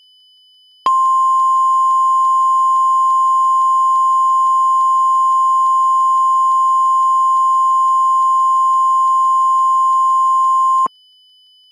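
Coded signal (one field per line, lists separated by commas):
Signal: Emergency Alert System (SAME) tones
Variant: 1050 Hz attention tone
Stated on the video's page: Fictional mock EAS alert.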